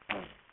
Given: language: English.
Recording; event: throat vibration sensor signal played as sound; throat clearing